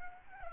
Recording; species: mosquito wingbeat signal from an infrared sensor; Aedes albopictus